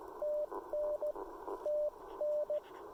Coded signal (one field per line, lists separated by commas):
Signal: Morse code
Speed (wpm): 16 wpm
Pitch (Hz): 600 Hz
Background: radio noise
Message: TN TN